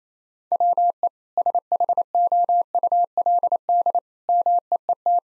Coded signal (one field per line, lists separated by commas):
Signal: Morse code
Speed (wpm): 28 wpm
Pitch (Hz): 700 Hz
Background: none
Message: WE SHOULD MEET